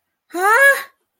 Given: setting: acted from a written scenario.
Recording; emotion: vocal sound without words; negative surprise